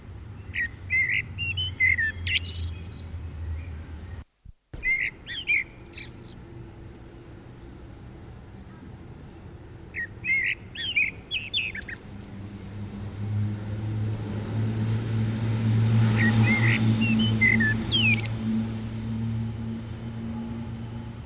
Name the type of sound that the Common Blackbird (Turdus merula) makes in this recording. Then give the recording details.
song. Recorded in the wild. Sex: male. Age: adult. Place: Garmisch-Partenkirchen, Bayern, DE. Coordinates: 47.4961, 11.1042. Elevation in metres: 705. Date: 1967. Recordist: Tretzel, Erwin